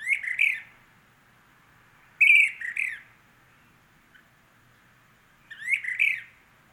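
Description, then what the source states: Brown-crested flycatcher giving harsh, burry calls, three short bursts spaced a couple of seconds apart, with quiet pauses between. Subspecies magister.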